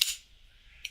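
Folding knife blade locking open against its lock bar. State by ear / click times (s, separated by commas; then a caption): seated / 0.0 s. A folding knife is flipped open and its lock bar engages the steel blade with a sharp, bright click at 0.0 s, followed by a fading metallic ring and a fainter second tick near 0.9 s. The blade is locked open.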